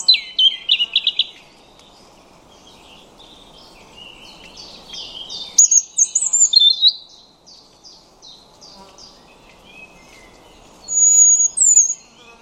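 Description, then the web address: European robin song: thin, high, sweet phrases of quick twittering notes and clear whistles, varying in pitch, with a long pause before a final brief burst. "Deverinetal 2025 File origin Bird Only Er Ru"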